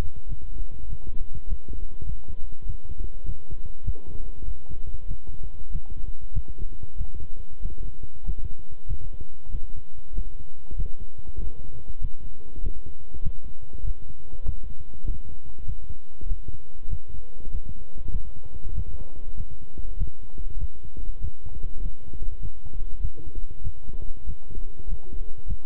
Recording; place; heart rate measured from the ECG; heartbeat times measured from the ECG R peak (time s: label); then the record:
heart sounds by stethoscope; between the tricuspid and mitral areas; 98 bpm
0.27 s: heartbeat
0.87 s: heartbeat
1.46 s: heartbeat
2.05 s: heartbeat
2.64 s: heartbeat
3.24 s: heartbeat
3.83 s: heartbeat
4.43 s: heartbeat
5.06 s: heartbeat
5.70 s: heartbeat
6.32 s: heartbeat
6.96 s: heartbeat
7.60 s: heartbeat
8.23 s: heartbeat
8.86 s: heartbeat
9.50 s: heartbeat
10.13 s: heartbeat
10.75 s: heartbeat
11.37 s: heartbeat
11.99 s: heartbeat
12.61 s: heartbeat
13.21 s: heartbeat
13.82 s: heartbeat
14.44 s: heartbeat
15.04 s: heartbeat
15.64 s: heartbeat
16.26 s: heartbeat
16.88 s: heartbeat
17.49 s: heartbeat
18.09 s: heartbeat
18.73 s: heartbeat
19.35 s: heartbeat
19.96 s: heartbeat
20.57 s: heartbeat
21.19 s: heartbeat
21.80 s: heartbeat
22.39 s: heartbeat
23.00 s: heartbeat
23.61 s: heartbeat
24.25 s: heartbeat
24.86 s: heartbeat
25.46 s: heartbeat
From the record:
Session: walking at 3.7 km/h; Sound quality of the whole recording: good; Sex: male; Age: 26 years